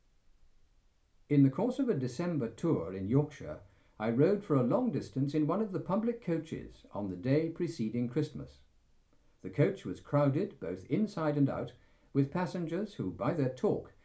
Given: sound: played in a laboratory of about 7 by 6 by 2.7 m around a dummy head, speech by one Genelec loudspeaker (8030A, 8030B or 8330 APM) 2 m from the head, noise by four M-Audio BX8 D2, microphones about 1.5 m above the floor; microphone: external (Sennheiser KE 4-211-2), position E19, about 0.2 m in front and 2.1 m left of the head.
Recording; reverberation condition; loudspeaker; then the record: male speech in English; low; 60 degrees to the left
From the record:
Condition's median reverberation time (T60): about 310 ms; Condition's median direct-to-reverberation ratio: about 3.5 dB